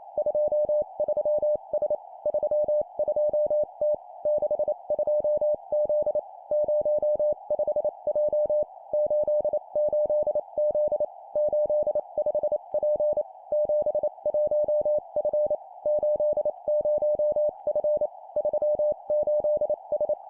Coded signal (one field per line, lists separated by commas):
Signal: Morse code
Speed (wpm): 28 wpm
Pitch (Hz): 600 Hz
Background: none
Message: 23S 32T 62Z 05J 88Z 85P 71F 80F 38S